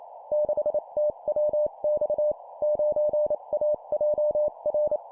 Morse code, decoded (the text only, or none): 6TWX 9AJR